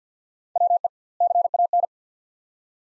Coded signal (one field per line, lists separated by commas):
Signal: Morse code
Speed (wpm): 50 wpm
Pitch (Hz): 700 Hz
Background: none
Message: WE CAN